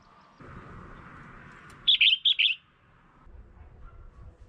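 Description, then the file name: Red-whiskered bulbul giving a quick run of four or five sharp, high chirps packed into under a second, against a soft steady background hum. Female. "tieng chao mao mai"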